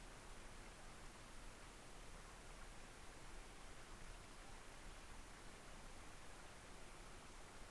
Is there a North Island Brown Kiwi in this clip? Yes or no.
no